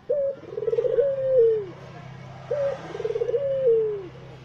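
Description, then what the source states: Barbary dove giving two coos, each a short note, a fluttering purr and a long falling tone, over a faint low hum. White Barbary dove; used as training audio for songbirds.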